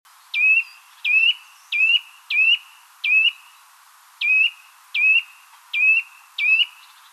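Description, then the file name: Eurasian nuthatch giving a series of high, sharp rising whistled notes, each followed by a brief flat tail, repeated about every 0.7 seconds with a short pause midway. "Sitta europaea"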